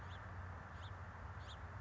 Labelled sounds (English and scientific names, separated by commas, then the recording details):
House Finch (Haemorhous mexicanus)
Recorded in Sonoma County, California